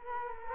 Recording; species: mosquito wingbeat signal from an infrared sensor; Culex quinquefasciatus